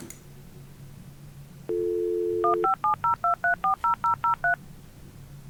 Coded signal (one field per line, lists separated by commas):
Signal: DTMF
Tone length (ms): 120 ms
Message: 15702340003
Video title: Hammertime (10) - Hammer Repertoire Game Analysis and Chill